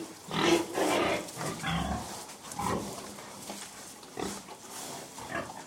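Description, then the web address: Pigs feeding: irregular bursts of grunts and snuffling, loudest near the start. Pigs feeding indoors. "pigs interior pigs feeding with occasional noise from ducks cows and dogs"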